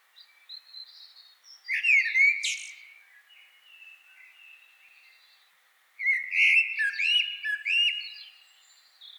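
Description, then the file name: Common blackbird singing: two loud bursts of sharp rising squeaks and high twittering flourishes, with soft thin notes between them. "Turdus merula"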